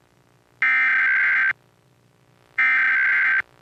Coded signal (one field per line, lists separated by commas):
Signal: Emergency Alert System (SAME) tones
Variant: header bursts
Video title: 2016 Nationwide EAS Test (TV)